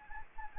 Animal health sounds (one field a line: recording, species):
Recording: mosquito wingbeat signal from an infrared sensor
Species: Anopheles gambiae